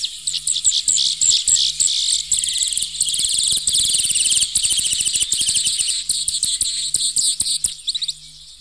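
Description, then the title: Grassland yellow finch song: a dense, high buzzy chatter of rapid overlapping notes, continuous for about eight seconds, over a faint low pulsing hum. Common in the Bahía Blanca area, Argentina; courtship flights in breeding season; flocks with undulating flight over fields outside breeding season. "Museo de Ciencias de Bahía Blanca. Misto"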